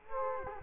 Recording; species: mosquito wingbeat signal from an infrared sensor; Culex quinquefasciatus